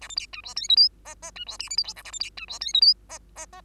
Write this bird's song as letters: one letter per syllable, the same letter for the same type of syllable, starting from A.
A B C D E F G H I I D E J K L M N A B C D E F G H I I I